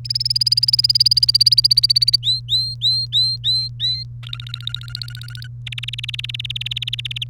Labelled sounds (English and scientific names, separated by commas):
Domestic Canary (Serinus canaria) song